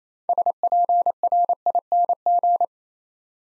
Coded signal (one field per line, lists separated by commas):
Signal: Morse code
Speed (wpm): 27 wpm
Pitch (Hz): 700 Hz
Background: none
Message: SPRING